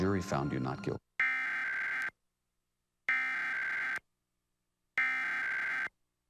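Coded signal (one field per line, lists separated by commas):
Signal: Emergency Alert System (SAME) tones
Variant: header bursts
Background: speech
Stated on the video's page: Required Monthly Test aired on TV station WMDT, received over an antenna with a weak signal during rain showers.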